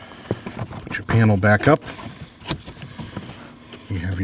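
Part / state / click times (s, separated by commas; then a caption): light harness connector into lamp socket / seated / 0.3 s. The plastic electrical connector of a light harness is plugged into its lamp socket on a 2014-2023 Jeep Cherokee, and it clicks in and seats with a short, sharp hit at 0.3 s. Someone talks throughout, and more short clicks and taps follow later in the clip.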